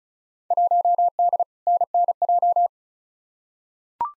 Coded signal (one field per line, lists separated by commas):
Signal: Morse code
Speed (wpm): 34 wpm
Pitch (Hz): 700 Hz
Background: none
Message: 1D NNJ